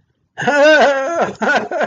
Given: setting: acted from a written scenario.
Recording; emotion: vocal sound without words; positive surprise